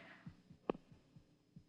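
Rapid, soft low thumps of a simulated man's heartbeat, one beat louder than the rest, heard during a lie detector test in a radio drama.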